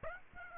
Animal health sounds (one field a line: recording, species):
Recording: mosquito wingbeat signal from an infrared sensor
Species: Aedes aegypti